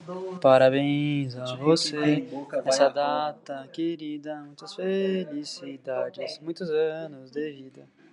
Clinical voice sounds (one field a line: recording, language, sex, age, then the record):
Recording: short text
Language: Brazilian Portuguese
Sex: male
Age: 20 to 29 years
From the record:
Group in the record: control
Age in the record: 25 years